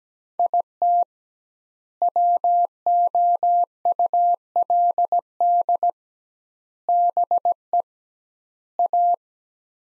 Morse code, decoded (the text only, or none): IT WOULD BE A